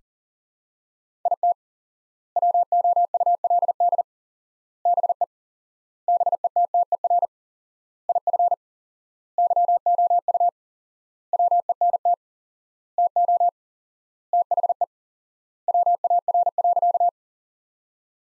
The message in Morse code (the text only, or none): IT WOULD BE BETTER IF YOU WENT TO THE WAR.